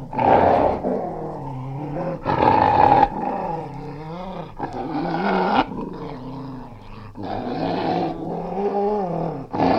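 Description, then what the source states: English springer spaniel giving loud, continuous snarls with wavering, grinding tones, rising and falling in intensity through several drawn-out bursts. Angry dog, snarling.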